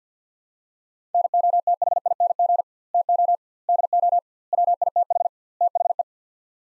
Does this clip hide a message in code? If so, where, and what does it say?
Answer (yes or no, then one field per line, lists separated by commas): yes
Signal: Morse code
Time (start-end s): 1.1-6.0 s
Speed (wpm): 50 wpm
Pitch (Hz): 700 Hz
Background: none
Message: NOTHING TO DO WITH THE